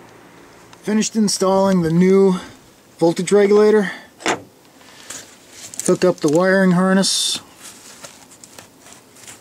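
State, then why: Not seated. On an F150 truck, the plastic wiring harness connector is being handled at the newly installed voltage regulator on the alternator, ready to be pushed onto it. Someone talks while a few brief handling clicks and taps are heard. Nothing has seated or clicked into place yet.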